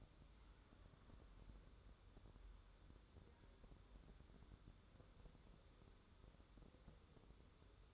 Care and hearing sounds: daily activity, microphone in the room; wipe stove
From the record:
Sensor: 3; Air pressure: 1015.1 hPa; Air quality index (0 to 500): 58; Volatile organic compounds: 1 ppm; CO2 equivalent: 758 ppm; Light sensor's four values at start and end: 15/38/15/16 and 15/38/15/16

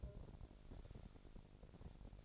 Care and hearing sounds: daily activity, microphone in the room; take from stove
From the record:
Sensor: 5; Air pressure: 1012.1 hPa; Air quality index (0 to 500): 239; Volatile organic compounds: 4 ppm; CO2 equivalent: 1585 ppm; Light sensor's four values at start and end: 44/99/43/47 and 45/104/44/47

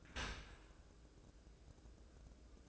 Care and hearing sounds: daily activity, microphone in the room; open dishwasher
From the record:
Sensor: 2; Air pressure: 1012.2 hPa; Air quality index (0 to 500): 133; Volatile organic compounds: 2 ppm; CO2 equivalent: 982 ppm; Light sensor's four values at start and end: 312/763/310/317 and 312/764/311/317

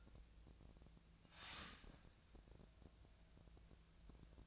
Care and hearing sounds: daily activity, microphone in the room; start toaster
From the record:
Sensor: 2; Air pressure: 1000.0 hPa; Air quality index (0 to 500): 144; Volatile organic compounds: 2 ppm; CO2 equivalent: 1223 ppm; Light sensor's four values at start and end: 26/66/28/31 and 26/66/28/31

